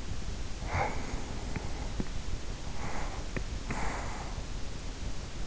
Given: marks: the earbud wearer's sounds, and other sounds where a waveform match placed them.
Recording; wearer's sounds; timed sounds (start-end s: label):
sounds in sleep by an in-ear microphone; breath
0.64-2.26 s: breath
2.65-4.53 s: breath